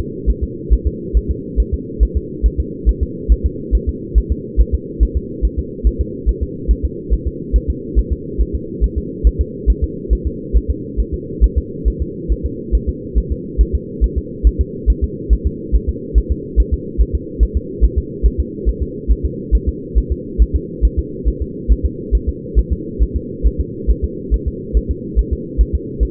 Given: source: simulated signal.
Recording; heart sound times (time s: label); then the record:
fetal heart sounds
0.30 s: S1
0.44 s: S2
0.73 s: S1
0.87 s: S2
1.17 s: S1
1.31 s: S2
1.60 s: S1
1.74 s: S2
2.03 s: S1
2.17 s: S2
2.46 s: S1
2.60 s: S2
2.89 s: S1
3.03 s: S2
3.32 s: S1
3.46 s: S2
3.75 s: S1
3.89 s: S2
4.18 s: S1
4.32 s: S2
4.61 s: S1
4.74 s: S2
5.03 s: S1
5.17 s: S2
5.45 s: S1
5.59 s: S2
5.87 s: S1
6.01 s: S2
6.29 s: S1
6.43 s: S2
6.71 s: S1
6.85 s: S2
7.13 s: S1
7.27 s: S2
7.56 s: S1
7.70 s: S2
7.99 s: S1
8.13 s: S2
8.41 s: S1
8.55 s: S2
8.84 s: S1
8.98 s: S2
9.27 s: S1
9.41 s: S2
9.70 s: S1
9.84 s: S2
10.13 s: S1
10.27 s: S2
10.56 s: S1
10.70 s: S2
11.00 s: S1
11.14 s: S2
11.44 s: S1
11.58 s: S2
11.88 s: S1
12.02 s: S2
12.32 s: S1
12.46 s: S2
12.75 s: S1
12.89 s: S2
13.18 s: S1
13.32 s: S2
13.61 s: S1
13.75 s: S2
14.04 s: S1
14.18 s: S2
14.47 s: S1
14.61 s: S2
14.90 s: S1
15.04 s: S2
15.33 s: S1
15.47 s: S2
15.75 s: S1
15.89 s: S2
16.18 s: S1
16.32 s: S2
16.60 s: S1
16.74 s: S2
17.01 s: S1
17.15 s: S2
17.43 s: S1
17.57 s: S2
17.84 s: S1
17.98 s: S2
18.26 s: S1
18.40 s: S2
18.69 s: S1
18.83 s: S2
19.12 s: S1
19.25 s: S2
19.55 s: S1
19.69 s: S2
19.98 s: S1
20.12 s: S2
20.42 s: S1
20.56 s: S2
20.85 s: S1
20.99 s: S2
21.28 s: S1
21.42 s: S2
21.72 s: S1
21.86 s: S2
22.15 s: S1
22.29 s: S2
22.59 s: S1
22.72 s: S2
23.03 s: S1
23.17 s: S2
23.47 s: S1
23.61 s: S2
23.91 s: S1
24.04 s: S2
24.34 s: S1
24.48 s: S2
24.77 s: S1
24.91 s: S2
25.19 s: S1
25.33 s: S2
25.61 s: S1
25.75 s: S2
26.03 s: S1
From the record:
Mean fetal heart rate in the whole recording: 140 bpm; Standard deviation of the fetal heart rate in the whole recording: 2 bpm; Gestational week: 34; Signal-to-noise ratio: -4.1 dB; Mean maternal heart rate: no maternal heart sound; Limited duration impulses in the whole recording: absent